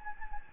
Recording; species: mosquito wingbeat signal from an infrared sensor; Anopheles gambiae